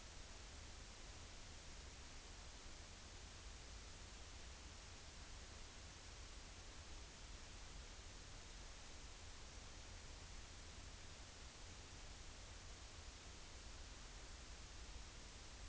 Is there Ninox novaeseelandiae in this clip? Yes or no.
no